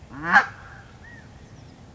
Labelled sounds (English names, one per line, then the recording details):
California Quail
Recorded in Sonoma County, California